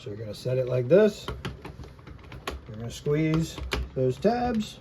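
Someone talks while handling a spring-loaded tripod clamp, positioning it on a plastic toy foam-dart blaster and squeezing its two tabs to open the jaws. A few light handling taps and clicks sound between about 1.6 and 2.5 s. The clip ends before the clamp is released to lock on, so nothing has seated or clicked yet.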